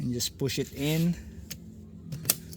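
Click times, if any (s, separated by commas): 2.3 s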